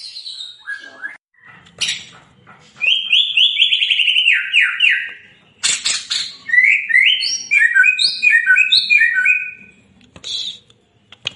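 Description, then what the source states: White-rumped shama singing rich whistled phrases, a run of descending slurred notes followed by rapid, jumpy notes that bounce up and down, separated by brief silences. White-rumped shama singing vigorously (gacor); a lure recording (pancingan) meant to make birds respond.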